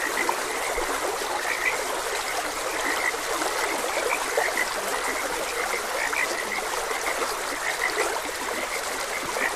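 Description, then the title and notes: Frogs calling together, brief clicking croaks scattered throughout, set against a constant wash of running water. Frogs croaking beside a gentle stream. "Gentle Stream and Frogs Croaking - Calming Sounds of Nature. Sleep and Relaxation Podcast"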